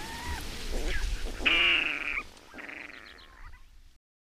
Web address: Madardalok Guvat